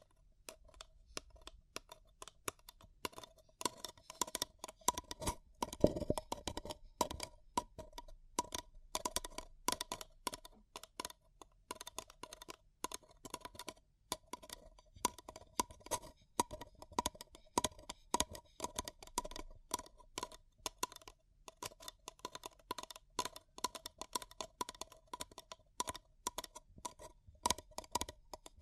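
Fingers tap and scratch a paper cup in rapid, irregular clicks throughout, with a steady faint tone underneath and a louder crinkle near six seconds.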